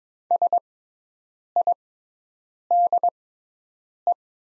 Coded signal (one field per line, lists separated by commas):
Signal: Morse code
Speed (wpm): 22 wpm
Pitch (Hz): 700 Hz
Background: none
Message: SIDE